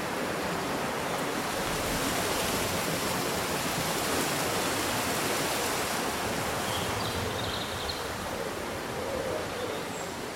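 Leaves rustle in a breeze as a dense, steady wash of hiss that fills the whole clip without pause or swell. A few faint, thin bird chirps show up high and brief around the seventh and eighth seconds and again near the end.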